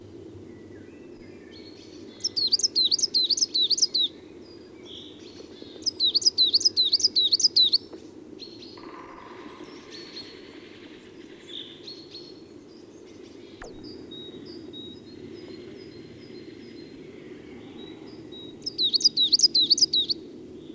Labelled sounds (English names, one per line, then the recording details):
Coal Tit song
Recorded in the wild
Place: Schorfheide, Brandenburg, DE
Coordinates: 52.907, 13.531
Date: 1989-04-16 07:07
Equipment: Nagra III BH, Sennheiser MD 21, parabola
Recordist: Schubert, Michael